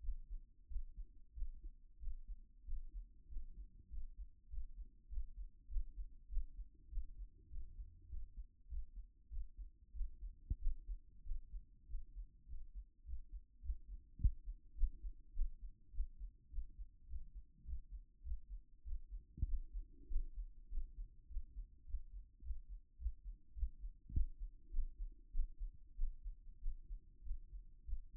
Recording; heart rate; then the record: heart sounds by stethoscope; 100 bpm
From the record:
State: at rest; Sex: female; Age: 26 years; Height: 180 cm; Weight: 85 kg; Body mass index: 26.23